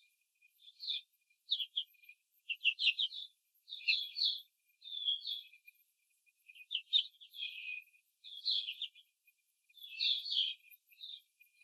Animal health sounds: young laying hens in a cage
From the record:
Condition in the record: control cage, before the stress test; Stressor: none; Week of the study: 4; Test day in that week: 3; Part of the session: 3

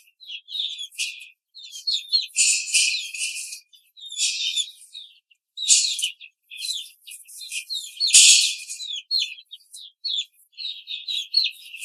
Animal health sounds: young laying hens in a cage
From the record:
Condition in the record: control cage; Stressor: none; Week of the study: 5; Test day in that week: 1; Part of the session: 1

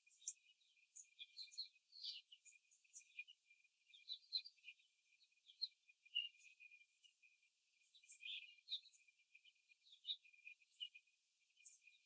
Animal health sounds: young laying hens in a cage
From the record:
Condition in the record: before the stressor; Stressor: simulated dog barking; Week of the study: 3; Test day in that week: 2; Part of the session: 2

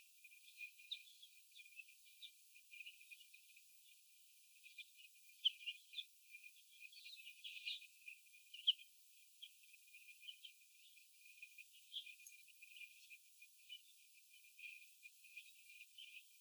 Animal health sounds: young laying hens in a cage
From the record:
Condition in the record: before the stressor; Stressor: sudden umbrella opening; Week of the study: 2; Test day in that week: 1

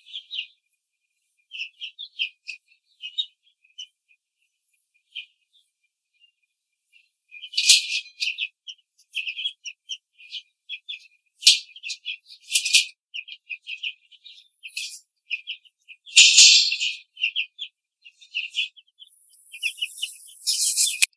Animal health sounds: young laying hens in a cage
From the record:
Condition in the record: control cage, after the stress test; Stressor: none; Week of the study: 4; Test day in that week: 1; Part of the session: 4

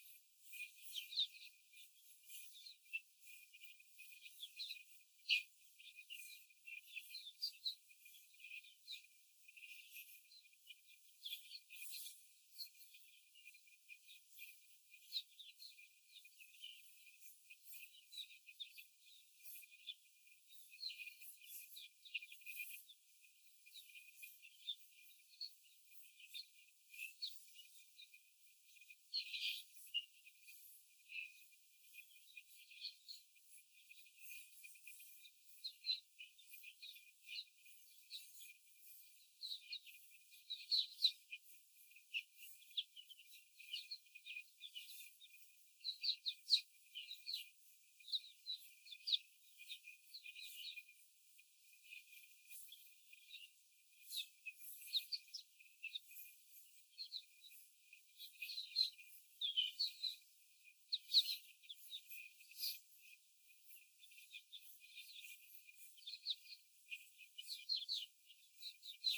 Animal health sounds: young laying hens in a cage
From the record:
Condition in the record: before the stressor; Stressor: simulated dog barking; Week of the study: 4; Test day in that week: 1

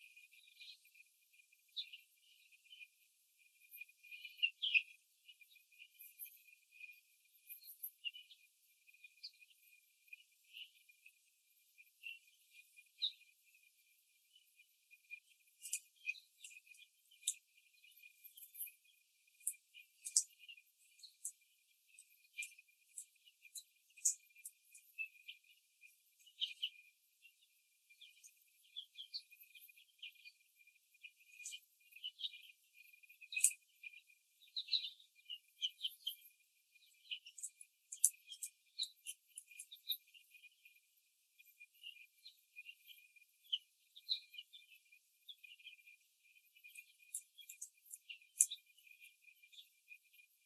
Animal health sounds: young laying hens in a cage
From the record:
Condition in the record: before the stressor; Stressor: simulated dog barking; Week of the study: 3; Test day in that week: 1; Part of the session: 2

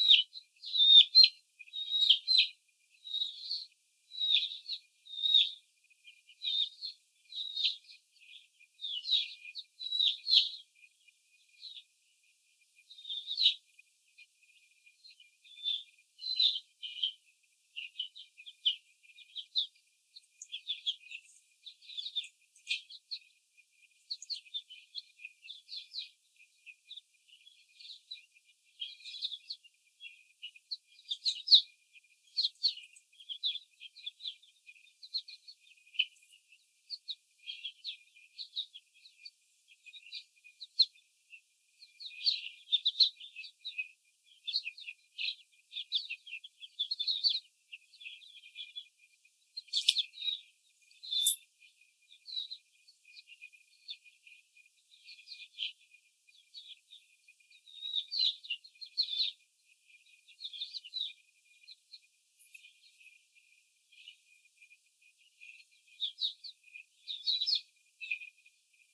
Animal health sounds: young laying hens in a cage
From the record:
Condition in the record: before the stressor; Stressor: simulated dog barking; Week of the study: 4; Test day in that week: 3

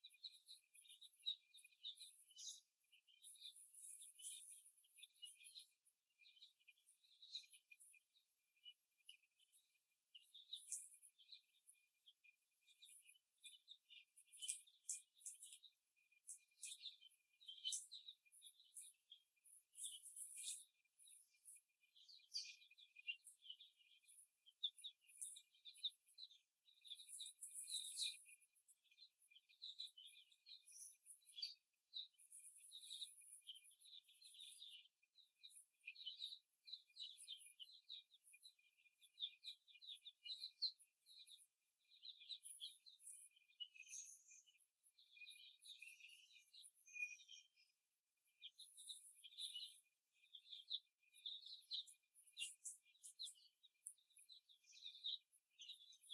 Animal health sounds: young laying hens in a cage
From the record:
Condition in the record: after the stressor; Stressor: simulated dog barking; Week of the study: 1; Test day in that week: 2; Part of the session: 2

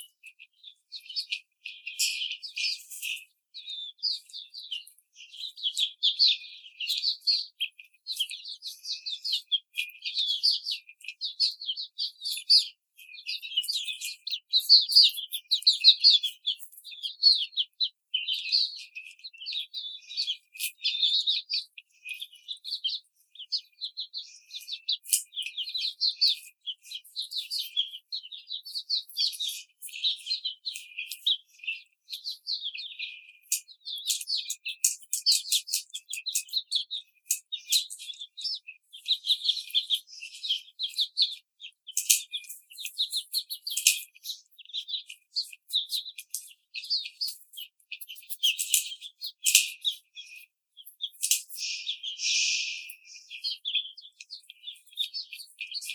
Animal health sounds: young laying hens in a cage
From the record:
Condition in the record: treatment cage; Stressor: simulated dog barking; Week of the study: 5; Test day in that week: 1

